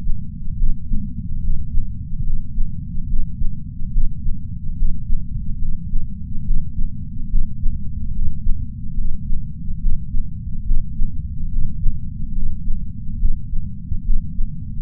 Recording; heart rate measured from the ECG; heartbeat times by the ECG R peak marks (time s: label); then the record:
heart sounds by patch sensor on the chest; 71 bpm
0.56 s: heartbeat
1.41 s: heartbeat
2.24 s: heartbeat
3.06 s: heartbeat
3.91 s: heartbeat
4.76 s: heartbeat
5.59 s: heartbeat
6.43 s: heartbeat
7.28 s: heartbeat
8.13 s: heartbeat
8.95 s: heartbeat
9.79 s: heartbeat
10.64 s: heartbeat
11.49 s: heartbeat
12.33 s: heartbeat
13.18 s: heartbeat
14.03 s: heartbeat
From the record:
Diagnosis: coronary artery disease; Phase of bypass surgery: preoperative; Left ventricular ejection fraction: 60.7%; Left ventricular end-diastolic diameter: 49 mm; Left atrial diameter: 38 mm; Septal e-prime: 7.7 cm/s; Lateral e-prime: 8.9 cm/s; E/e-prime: 8.7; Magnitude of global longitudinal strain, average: 16.3%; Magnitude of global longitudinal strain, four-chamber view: 16.1%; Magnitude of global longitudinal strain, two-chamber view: 16.3%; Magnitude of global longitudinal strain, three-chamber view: 16.5%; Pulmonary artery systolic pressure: 21 mmHg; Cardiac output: 4.8 L/min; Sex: male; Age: 58 years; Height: 170 cm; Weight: 80 kg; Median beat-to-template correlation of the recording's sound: 0.88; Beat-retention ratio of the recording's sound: 1.00